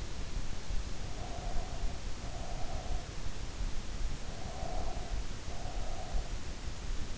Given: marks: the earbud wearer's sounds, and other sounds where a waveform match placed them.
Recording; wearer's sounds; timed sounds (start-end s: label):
sounds in sleep by an in-ear microphone; breath
1.04-3.34 s: breath
4.04-6.82 s: breath